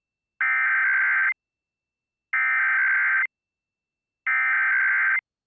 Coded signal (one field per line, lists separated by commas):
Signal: Emergency Alert System (SAME) tones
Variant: header bursts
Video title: EAS Test #4 on WHMB 40 - 1/19/2023